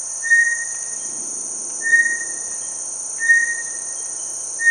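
Bartlett's tinamou calling: pure, level whistled notes, each about a second long, repeated roughly every one and a half seconds over a steady high drone.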